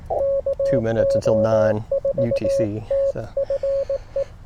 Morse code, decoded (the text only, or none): KO4TFE